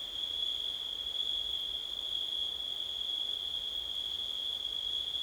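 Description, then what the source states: Cricket chorus producing an even, piercing drone that holds steady pitch and loudness the whole time. Recorded on a windy night in September.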